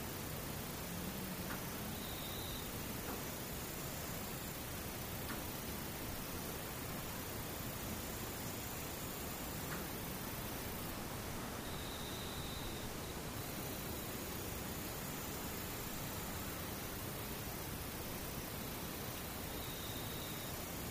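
Near-silence filled by a steady, even hiss, with faint distant insects chirping briefly every few seconds and an occasional soft tick.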